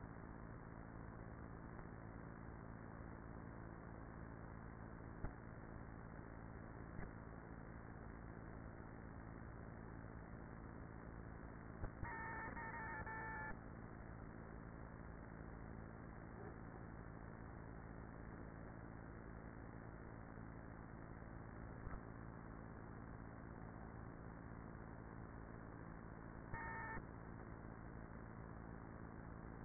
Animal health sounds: honeybee colony, microphone inside the hive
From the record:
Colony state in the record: queenless with a low population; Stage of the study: after two queens were removed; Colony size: about 30,000 bees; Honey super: no

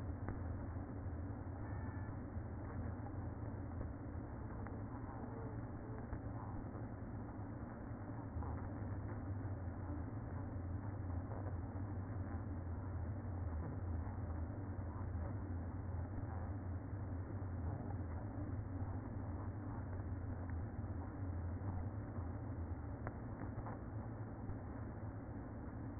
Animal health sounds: honeybee colony, microphone inside the hive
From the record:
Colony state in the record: queen present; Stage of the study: after two queens were removed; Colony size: about 60,000 bees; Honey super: yes

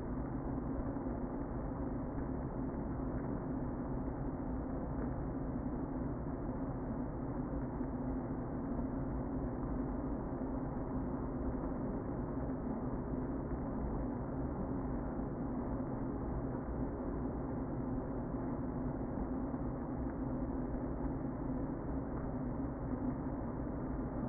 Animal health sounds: honeybee colony, microphone inside the hive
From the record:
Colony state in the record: queen present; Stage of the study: before two queens were removed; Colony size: about 60,000 bees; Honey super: yes

